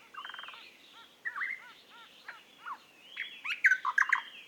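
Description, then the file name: Eastern nicator with a quick rattling series, a few rounded notes, then a loud cluster of sharp chuck notes. "British Library - Eastern Nicator Nicator gularis"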